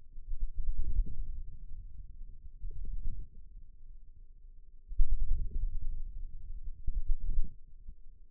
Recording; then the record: forearm muscle sounds (acoustic myography)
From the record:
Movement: wrist flexion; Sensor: system 2, bracelet of six BSWA MPA416 microphones around the upper forearm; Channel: 4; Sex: male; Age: 22 years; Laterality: right